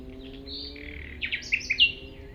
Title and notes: 195 Rue de Vars, 73310 Chindrieux, France - approche d'un rossignol. Je marche dans les herbes hautes pour approcher un rossignol, quand il chante il est sourd aux bruits extérieurs